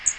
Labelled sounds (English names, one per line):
Magnolia Warbler flight call